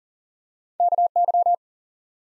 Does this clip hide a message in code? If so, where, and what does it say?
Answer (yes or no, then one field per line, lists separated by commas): yes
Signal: Morse code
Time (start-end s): 0.8-1.5 s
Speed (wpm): 37 wpm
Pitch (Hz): 700 Hz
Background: none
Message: KY